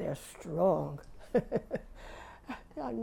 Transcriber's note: she laughs